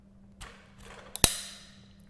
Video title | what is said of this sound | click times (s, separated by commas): STUDIO FLASH LIGHTING KIT YOU WOULD LIKE TO HAVE - NEW FUTURE GADGETS - COOLEST GADGETS | until you hear that click that's letting you know that it's secure and ready to go | 1.2 s